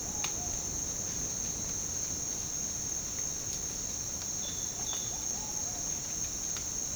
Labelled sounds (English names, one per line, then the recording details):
Violaceous Jay
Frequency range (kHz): Violaceous Jay 2.5-5.1 kHz
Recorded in dense forest near Puerto Asís, Putumayo, Colombia, on 25 June 2025 at 08:00
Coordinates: 0.499, -76.324
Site G100